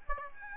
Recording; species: mosquito wingbeat signal from an infrared sensor; Aedes albopictus